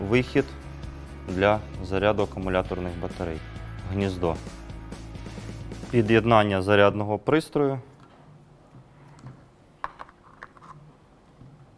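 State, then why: Not seated. A charger connector is handled at the charging socket on the battery unit of a PELI 9440 portable light mast while someone talks over music. A few short, sharp taps follow near the end, but nothing has seated or clicked yet.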